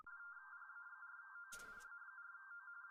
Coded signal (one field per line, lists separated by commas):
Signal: RTTY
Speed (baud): 45.45 baud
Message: PA4O PA4O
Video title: M0KNM - CQ WW RTTY Contest 2025 PT2 28/09/25